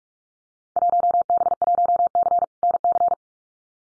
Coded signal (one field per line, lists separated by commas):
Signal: Morse code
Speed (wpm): 44 wpm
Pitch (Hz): 700 Hz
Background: none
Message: 1B1C NC